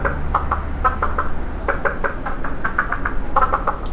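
Frogs calling with short knocking notes in uneven bursts, over a low rumbling background and a faint steady high tone.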